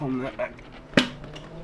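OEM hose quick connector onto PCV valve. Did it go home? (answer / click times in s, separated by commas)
yes / 1.0 s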